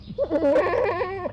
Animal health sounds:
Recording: contact call of a hoofed animal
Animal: goat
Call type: low-frequency (closed-mouth) or high-frequency (open-mouth) call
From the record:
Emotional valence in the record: negative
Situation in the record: short social isolation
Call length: 1.32 s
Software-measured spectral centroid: 1220 Hz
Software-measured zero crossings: 1360 a second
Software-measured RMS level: -23 dBFS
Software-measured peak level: -14 dBFS

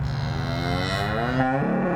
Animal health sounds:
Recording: contact call of a hoofed animal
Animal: cattle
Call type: low-frequency (closed-mouth) or high-frequency (open-mouth) call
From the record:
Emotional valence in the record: negative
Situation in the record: full separation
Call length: 2.0 s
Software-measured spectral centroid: 1770 Hz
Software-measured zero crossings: 1440 a second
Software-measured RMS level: -24 dBFS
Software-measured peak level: -8 dBFS

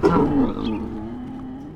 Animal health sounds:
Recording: contact call of a hoofed animal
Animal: wild boar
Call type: grunt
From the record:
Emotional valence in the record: negative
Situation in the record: naturally occurring agonistic interactions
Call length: 1.76 s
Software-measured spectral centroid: 1000 Hz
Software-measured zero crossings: 700 a second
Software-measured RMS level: -22 dBFS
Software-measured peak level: -4 dBFS

